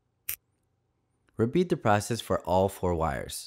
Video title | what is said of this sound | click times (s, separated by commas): Molex Connector Installation (KIT-61/KIT-62) | and you should hear a clicking sound | 0.3 s